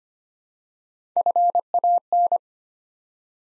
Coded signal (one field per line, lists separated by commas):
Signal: Morse code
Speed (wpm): 25 wpm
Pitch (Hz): 700 Hz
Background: none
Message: FAN